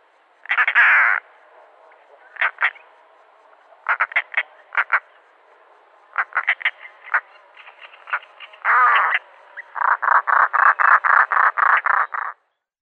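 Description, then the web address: European roller calling in short dry clicks and clipped notes, broken by harsh rasping bursts and ending in a fast, steady series of grating notes. A pair, recorded while flying. "Schulze Peter European Roller pair flying"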